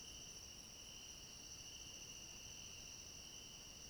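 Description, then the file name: Cricket chorus, continuous and even, a shrill high-pitched trill with no pauses over a low rustling noise bed. Chorus of crickets at night. "Coro de grilos a noite com cachorro longe"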